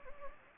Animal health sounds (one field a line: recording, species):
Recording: mosquito wingbeat signal from an infrared sensor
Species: Anopheles gambiae